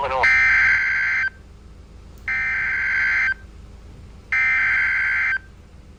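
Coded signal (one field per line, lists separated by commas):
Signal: Emergency Alert System (SAME) tones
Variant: header bursts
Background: speech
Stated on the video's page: Flash Flood Warning EAS alert received on weather radio stations.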